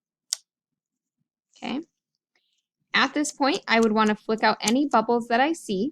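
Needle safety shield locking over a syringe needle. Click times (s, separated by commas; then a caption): 0.3 s. A plastic safety shield on a syringe needle is pressed onto a hard surface after the needle is withdrawn, giving a single sharp click at 0.3 s as it locks over the needle. Someone then talks.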